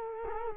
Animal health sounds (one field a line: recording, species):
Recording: mosquito wingbeat signal from an infrared sensor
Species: Culex quinquefasciatus